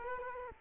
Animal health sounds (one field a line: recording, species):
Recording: mosquito wingbeat signal from an infrared sensor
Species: Culex quinquefasciatus